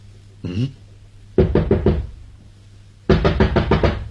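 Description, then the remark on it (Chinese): Two loud bursts of rapid knocking on a door, about four sharp raps, then a pause and five more, with a brief low murmur just before the first round. “难道没有听见敲门啊？”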